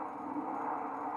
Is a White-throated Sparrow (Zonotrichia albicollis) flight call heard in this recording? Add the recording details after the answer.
no. No flight call is heard. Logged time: 03:37 on 5 December 2014